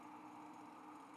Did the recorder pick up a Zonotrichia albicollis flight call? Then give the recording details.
no. No flight call is heard. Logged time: 03:36 on 5 December 2014